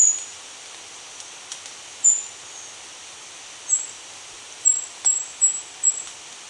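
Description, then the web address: Indigo flowerpiercer song: short, sharp, very high notes, sparse at first, then coming faster near the end. Recorded in Ecuador. "Birds of Ecuador. Indigo Flowerpiercer"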